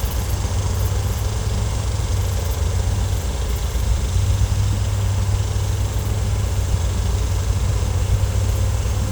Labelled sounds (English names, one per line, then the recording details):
none
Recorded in secondary vegetation near Puerto Asís, Putumayo, Colombia, on 16 December 2024 at 15:30
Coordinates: 0.468, -76.324
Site G095